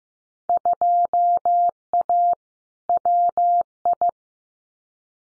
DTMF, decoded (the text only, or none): none